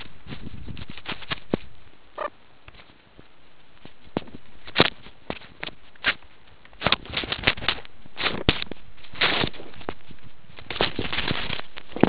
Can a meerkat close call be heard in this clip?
yes